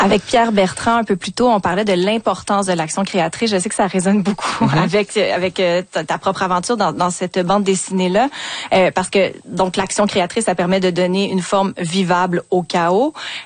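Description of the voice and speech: An adult radio host speaks French in a clear, well-voiced conversational tone at a moderate, even pace, with short natural pauses. A brief restart of a phrase is an ordinary everyday slip. The speech is typical and fluent.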